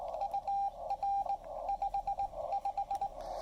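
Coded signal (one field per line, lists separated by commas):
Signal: Morse code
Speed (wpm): 19 wpm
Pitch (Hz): 800 Hz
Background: radio noise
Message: UR 55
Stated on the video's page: POTA activation at Lake Norman using a Xiegu X5105 running on its internal battery.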